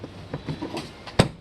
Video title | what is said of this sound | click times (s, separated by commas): cut your MDS off on your Ram truck with the new Pulsar Plug and Play computer | Once you get them locked into place, everything works wonderful. | 1.2 s